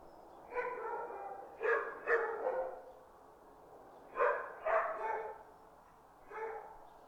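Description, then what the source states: Dog barking in short groups of one to three sharp barks, separated by pauses of about one to two seconds. Several dogs barking in the distance.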